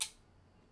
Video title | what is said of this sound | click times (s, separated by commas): How to UPGRADE your Computer's Performance with more RAM | and there's another click to lock it in place now that we've done that | 0.0 s